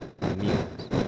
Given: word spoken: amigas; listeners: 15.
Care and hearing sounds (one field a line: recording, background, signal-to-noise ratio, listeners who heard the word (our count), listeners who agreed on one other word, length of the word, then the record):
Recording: one Spanish word in noise, from a listening test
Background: noise modulated by three-talker babble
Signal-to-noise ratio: -4.7 dB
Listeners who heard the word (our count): 1 of 15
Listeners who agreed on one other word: 6 of 15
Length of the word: 0.68 s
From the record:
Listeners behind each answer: 6, 2, 2, 1, 1, 1, 1, 1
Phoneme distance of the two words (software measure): 7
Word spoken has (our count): 3 syllables, 6 phonemes, stress on syllable 2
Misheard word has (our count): 2 syllables, 5 phonemes, stress on syllable 1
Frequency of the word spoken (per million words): 14.25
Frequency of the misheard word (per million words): 2.44